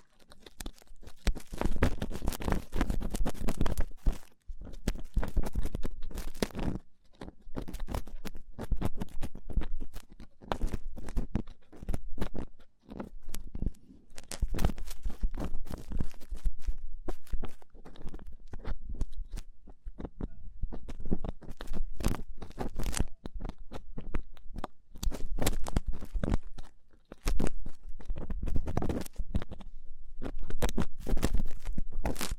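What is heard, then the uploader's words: Rough ear cleaning: dense, crackly scraping and rustling in rapid bursts, with a heavy low rumble under each stroke. The scratching runs almost continuously with brief pauses near 4, 7, 13 and 27 seconds, its loudness rising and falling unevenly throughout. ASMR Rough Ear Cleaning (No Talking).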